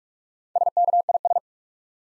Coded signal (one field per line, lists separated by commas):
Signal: Morse code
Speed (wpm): 46 wpm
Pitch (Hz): 700 Hz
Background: none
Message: SKIS